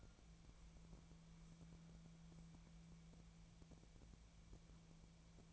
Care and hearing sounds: daily activity, microphone in the room; wipe stove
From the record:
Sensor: 1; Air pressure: 1000.6 hPa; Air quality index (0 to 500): 187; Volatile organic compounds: 5 ppm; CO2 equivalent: 1726 ppm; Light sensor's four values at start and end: 11/27/11/13 and 11/27/11/13

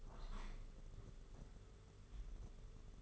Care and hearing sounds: daily activity, microphone in the room; open window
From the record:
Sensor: 4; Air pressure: 992.1 hPa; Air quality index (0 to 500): 100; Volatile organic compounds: 12 ppm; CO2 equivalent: 2357 ppm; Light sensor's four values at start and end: 22/77/28/30 and 22/77/28/30

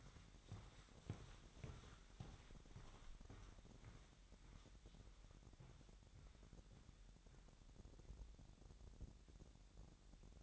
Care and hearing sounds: daily activity, microphone in the room; walk to room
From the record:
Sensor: 3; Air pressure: 1012.2 hPa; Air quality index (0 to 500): 146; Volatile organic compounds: 2 ppm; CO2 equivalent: 1118 ppm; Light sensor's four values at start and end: 127/306/126/116 and 138/330/137/126

